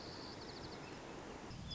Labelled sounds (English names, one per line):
White-crowned Sparrow